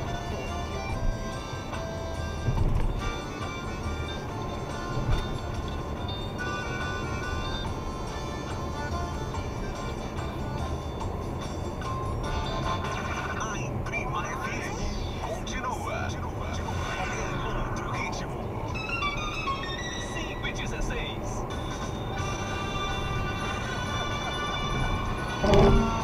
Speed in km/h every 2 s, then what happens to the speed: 85, 86, 88, 92, 95, 98, 99, 101, 103, 107, 111, 116, 120.
0-26 speeds up to 120.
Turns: none.